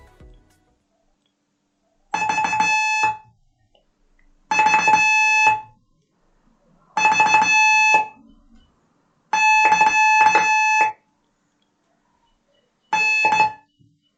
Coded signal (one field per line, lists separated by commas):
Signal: Morse code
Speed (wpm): 17 wpm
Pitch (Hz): 2600 Hz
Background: music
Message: V V V <KA> N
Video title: Amateur Radio With Kule Lesson 6